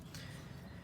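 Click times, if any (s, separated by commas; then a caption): 0.1 s. A Flame Boss bottom plate, the blower adapter plate, is slid fully left in a kamado grill's bottom vent track until a small catch holds it. Over a steady low hum, a short click at 0.2 s marks the plate catching and seating in the track.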